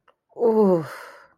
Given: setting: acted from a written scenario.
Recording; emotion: vocal sound without words; desire